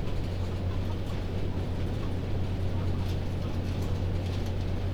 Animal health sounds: poultry house recording; healthy chickens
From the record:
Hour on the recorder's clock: 1

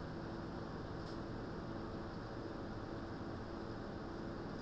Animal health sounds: poultry house recording; no chicken sound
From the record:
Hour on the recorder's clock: 17

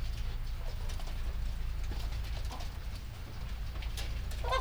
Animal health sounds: poultry house recording; sick chickens (respiratory disease)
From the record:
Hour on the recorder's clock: 1

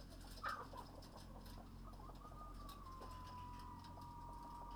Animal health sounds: poultry house recording; sick chickens (respiratory disease)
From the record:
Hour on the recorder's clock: 22

